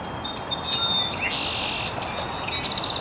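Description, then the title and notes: Bird calls: a high whistled note, a buzzy chatter, then a short rapid trill, over rushing noise. Recorded very early in the morning in an estuary. "Birds Chirping in the Early Morning. Original sounds of birds chirping very early in the morning in an estuary"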